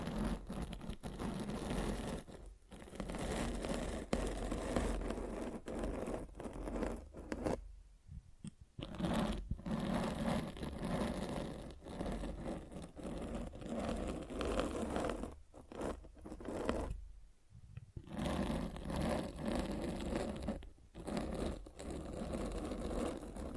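Scratching and rubbing against a microphone fills nearly the whole clip with dense, rough scraping and crunching noise. The sound is continuous but uneven, broken by brief silent gaps near 8 and 17 seconds and short dips around 2.5, 15.5 and 21 seconds.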